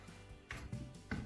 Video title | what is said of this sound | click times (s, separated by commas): Frenli çekmece nasıl çıkarılır ve nasıl takılır - How to remove the drawer | zaten mekanizma çıt diye yerine oturuyor bu şu | 0.5 s, 1.1 s